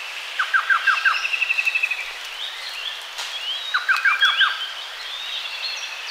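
Orange-breasted trogon giving quick sets of four or five descending notes twice, with a rapid high trill and scattered thin bird chirps in the background.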